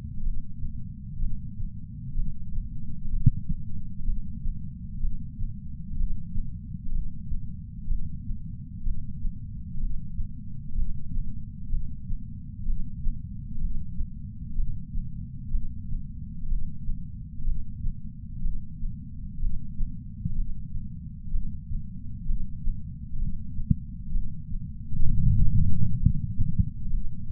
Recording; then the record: heart sounds by patch sensor on the chest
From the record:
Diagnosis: coronary artery disease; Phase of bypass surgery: preoperative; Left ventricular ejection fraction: 60%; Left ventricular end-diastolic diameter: 47 mm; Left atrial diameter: 35 mm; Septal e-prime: 6.9 cm/s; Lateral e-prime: 9.8 cm/s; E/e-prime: 7.7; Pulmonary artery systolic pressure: 27 mmHg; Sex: male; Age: 63 years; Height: 180 cm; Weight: 65 kg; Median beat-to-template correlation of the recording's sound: 0.86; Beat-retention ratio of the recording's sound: 0.95